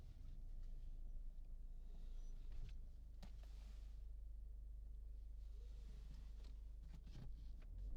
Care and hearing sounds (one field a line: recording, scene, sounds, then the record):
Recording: everyday scene through a hearing-aid microphone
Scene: in a vehicle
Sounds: engine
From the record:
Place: Berlingo II, diesel engine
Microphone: in the ear canal, left